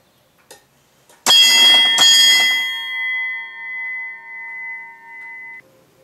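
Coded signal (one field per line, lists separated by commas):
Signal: ship's bell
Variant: Chelsea ship's bell clock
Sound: a mechanical click, then two quick bell strikes ringing out with a long decay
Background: quiet room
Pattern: 2 strikes (one pair)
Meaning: Two bells marks the first hour of a four-hour watch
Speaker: I'm going to show the striker coming into the bell and let's just do a two bells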